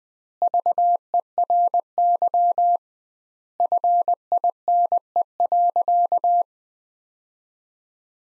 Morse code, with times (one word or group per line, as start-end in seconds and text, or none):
0.4-2.8 VERY
3.6-6.4 FINE.